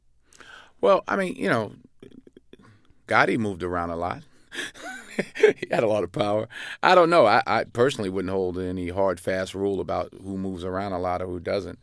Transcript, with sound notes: Well, I mean, you know, Gotti moved around a lot.
(LAUGHTER)
He had a lot of power. I don't know. I personally wouldn't hold any hard fast rule about who moves around a lot or who doesn't.